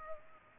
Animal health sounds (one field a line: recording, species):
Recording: mosquito wingbeat signal from an infrared sensor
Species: Culex pipiens